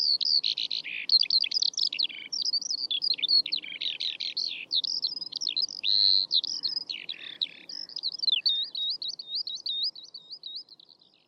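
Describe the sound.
Eurasian Skylark delivering a long, tumbling song of high chattering notes that turns into a chain of looping, repeated whistles and fades at the end.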